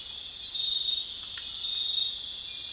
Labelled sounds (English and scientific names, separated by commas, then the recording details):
none
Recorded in dense forest near Puerto Asís, Putumayo, Colombia, on 21 March 2025 at 01:00
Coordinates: 0.484, -76.317
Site G064